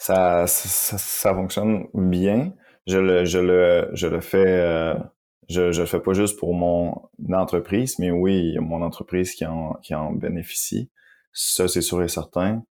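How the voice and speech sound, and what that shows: French speech from an adult woman who stutters, with repeated syllables and part-words ('ça ça', 'je le je le'), a prolonged 's' and stalled restarts with pauses.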